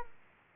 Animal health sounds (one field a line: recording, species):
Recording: mosquito wingbeat signal from an infrared sensor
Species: Aedes aegypti